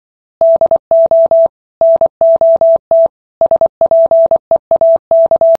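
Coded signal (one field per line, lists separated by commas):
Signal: Morse code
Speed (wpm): 24 wpm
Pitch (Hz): 660 Hz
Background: none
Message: DO NOT SPEAK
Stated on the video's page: Morse code from an indie 2D pixel-art puzzle game about telegraph operators.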